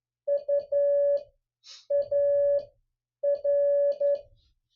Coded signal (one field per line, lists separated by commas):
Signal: Morse code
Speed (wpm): 11 wpm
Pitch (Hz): 570 Hz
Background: none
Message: UAR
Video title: MIXED USA AND DX CALL SIGN COPY PRACTICE 10